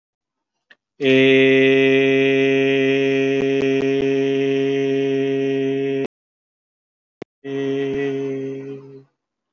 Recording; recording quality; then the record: sustained vowel as in made; excellent, no background noise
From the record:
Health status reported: COVID-19 positive, mild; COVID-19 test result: positive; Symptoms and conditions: cough, cold, fever, fatigue, hypertension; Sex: male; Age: 60 years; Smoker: not ticked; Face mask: not worn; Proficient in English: yes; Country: India